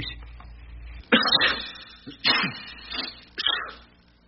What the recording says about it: I guess the dust is tickling my nose. You covered your sneeze with a tissue.